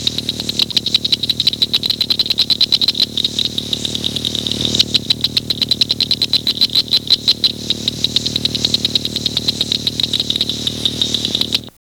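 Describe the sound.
Cricket producing a rapid, steady stream of high pulsed chirps, continuing evenly before stopping abruptly.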